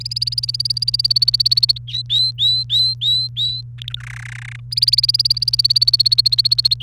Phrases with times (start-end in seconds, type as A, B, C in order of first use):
0.00-1.78 A, 1.88-3.61 B, 3.78-4.00 C, 4.00-4.56 D, 4.71-6.74 A, 6.80-6.83 B